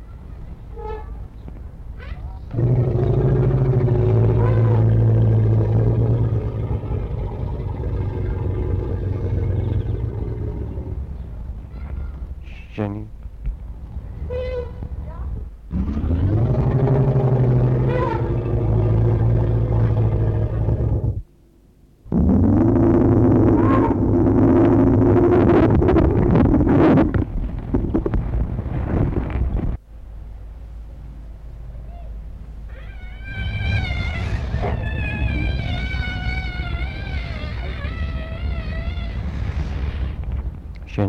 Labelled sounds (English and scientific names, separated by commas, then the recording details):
Asian Elephant (Elephas maximus)
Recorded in captivity
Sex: male
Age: adult
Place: Zoo Berlin, Berlin, DE
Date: 1961-02-25 13:30
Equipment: Minifon, Kopie Smaragd
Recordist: Tembrock, Günter
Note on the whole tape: Bulle: Trompeten, Abstand ca. 8 bis 10 m